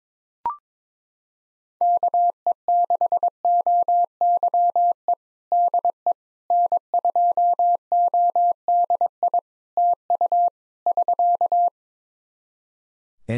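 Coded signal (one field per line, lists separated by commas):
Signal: Morse code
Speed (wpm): 22 wpm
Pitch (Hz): 700 Hz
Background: none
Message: KE6OYE DE N2ODI TU <SK>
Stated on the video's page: Morse at 22 wpm: practice one-sided QSO drill covering RST, QTH, name, rig, antenna, weather, age, occupation, each segment sent, spoken, then resent.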